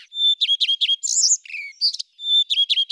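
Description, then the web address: Common redstart singing: a clear, steady whistled note, followed by quick scratchy twitters and varied warbled phrases, then the whistle repeats. "Phoenicurus phoenicurus"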